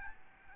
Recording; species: mosquito wingbeat signal from an infrared sensor; Aedes albopictus